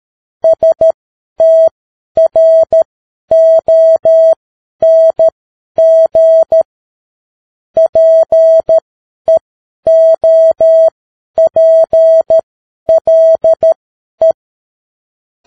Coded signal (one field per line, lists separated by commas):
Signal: Morse code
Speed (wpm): 13 wpm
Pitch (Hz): 650 Hz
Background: none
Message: STRONG PEOPLE